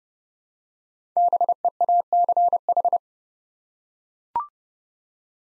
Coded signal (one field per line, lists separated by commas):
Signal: Morse code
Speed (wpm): 30 wpm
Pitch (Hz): 700 Hz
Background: none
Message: BEACH